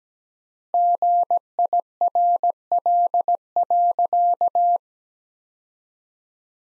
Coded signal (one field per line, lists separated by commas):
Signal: Morse code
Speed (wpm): 17 wpm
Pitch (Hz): 700 Hz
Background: none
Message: GIRL.